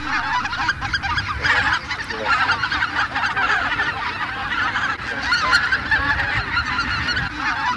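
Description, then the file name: Greater white-fronted goose flock chatter: constant overlapping high-pitched honks and yelps, with brief louder bursts from individual birds. Flock of white-fronted geese calling together; recording made for a hunting electronic caller. "Белолобый базар"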